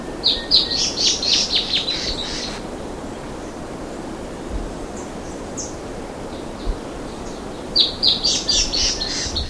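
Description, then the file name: Bird giving fast, high chirping phrases, one lasting over two seconds, a pause with a few faint notes, then another chattering burst near the end. "SABIOD 50 bird 2015"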